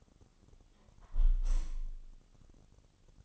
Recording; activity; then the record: daily activity, microphone in the room; close window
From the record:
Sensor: 4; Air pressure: 1005.5 hPa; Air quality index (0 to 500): 93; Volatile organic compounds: 2 ppm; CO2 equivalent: 1141 ppm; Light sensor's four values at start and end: 13/29/11/11 and 13/29/11/11